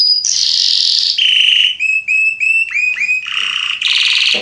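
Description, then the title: Belgian canary song, loud and continuous: buzzy rolls shifting into quick repeated whistled phrases and back into rasping trills. Male Belgian canary named Salsa singing a lot and very strongly; used to warm up young canaries. "Canary Training Esquente Seu Filhote E Canario Belga Macho Cantando Muito. Canrio Belga Salsa cantando muito forte"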